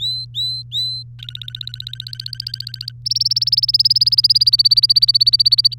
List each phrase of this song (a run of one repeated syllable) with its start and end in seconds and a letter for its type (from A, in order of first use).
0.00-1.03 A, 1.19-2.91 B, 3.06-5.74 C